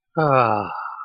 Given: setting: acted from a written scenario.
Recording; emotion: vocal sound without words; contentment